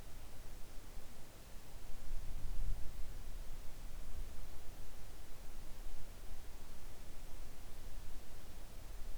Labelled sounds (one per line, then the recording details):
near silence
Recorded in the Arctic National Wildlife Refuge, Alaska, on 3 August 2019 at 05:07
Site 41